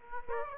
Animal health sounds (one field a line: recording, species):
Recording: mosquito wingbeat signal from an infrared sensor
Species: Aedes aegypti